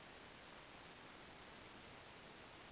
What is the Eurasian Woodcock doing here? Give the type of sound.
whistle